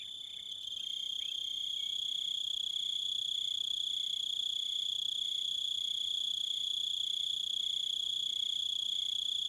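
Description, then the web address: Crickets singing a continuous high, shrill trill with a steady pulsing beat underneath, unbroken throughout. "Echoes of Nature - American Wilds. Crickets"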